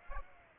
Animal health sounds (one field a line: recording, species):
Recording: mosquito wingbeat signal from an infrared sensor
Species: Aedes aegypti